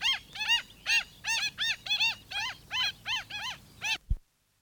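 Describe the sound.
Black stilt uttering a rapid series of nasal, arched yelps, about two or three a second, ending with a sudden thump.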